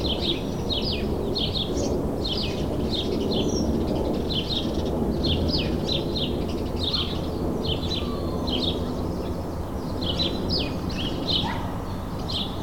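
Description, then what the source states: Sparrow chirps, continuous busy chatter of short chirps from several birds, with a steady low rumble underneath. Several sparrows in a suburban setting, May 2022.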